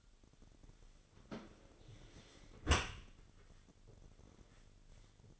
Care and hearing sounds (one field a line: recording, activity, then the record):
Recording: daily activity, microphone in the room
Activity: close dishwasher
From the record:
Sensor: 4